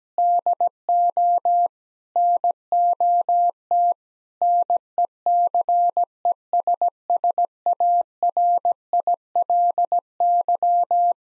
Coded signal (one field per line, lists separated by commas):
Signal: Morse code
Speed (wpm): 17 wpm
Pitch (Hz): 700 Hz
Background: none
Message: DO NOT NECESSARILY